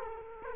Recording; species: mosquito wingbeat signal from an infrared sensor; Culex quinquefasciatus